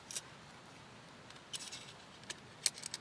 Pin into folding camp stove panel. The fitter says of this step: and they lock into place so they don't come out one on each side